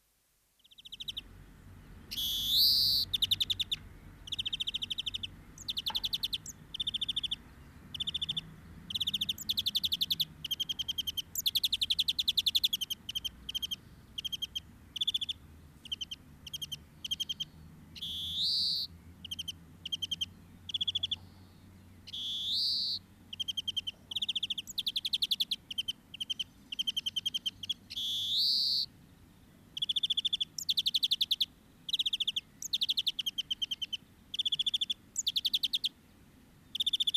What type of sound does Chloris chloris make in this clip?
call